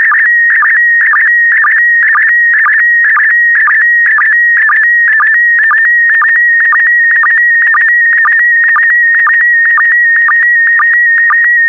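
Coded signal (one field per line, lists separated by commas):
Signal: SSTV (slow-scan television)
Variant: PD120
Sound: steady warbling whistle near 1.9 kHz with a low blip twice per second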